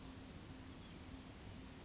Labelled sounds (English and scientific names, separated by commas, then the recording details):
Oak Titmouse (Baeolophus inornatus)
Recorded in Sonoma County, California